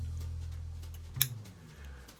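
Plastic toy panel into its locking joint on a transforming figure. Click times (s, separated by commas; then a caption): 1.2 s. A plastic limb or panel on a transforming toy car-robot is swung up and snapped into its locking joint, with a single sharp, bright click at 1.2 s. Faint handling taps come just before and after over a low steady hum, and the piece is seated in its locked position.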